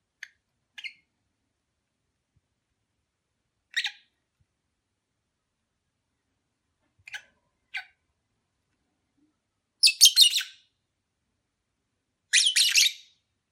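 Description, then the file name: Lovebird chirps: sharp high squeaky notes scattered throughout, then two longer harsh chattering bursts near the end, with silent gaps between. Mating ritual sounds, during courtship. "suara ritual kawin lovebird omkicau"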